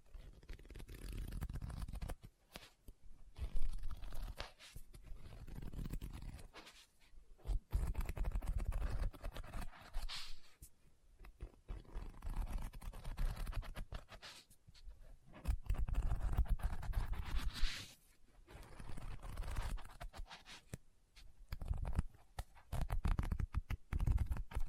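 Irregular tapping and scratching on a book, with soft page-turning swishes near 10 and 17 seconds, separated by brief quiet gaps.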